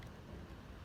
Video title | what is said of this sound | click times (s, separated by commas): Horizon Proboat Sprintjet boat unboxing and test run. | and clicks into place | 0.0 s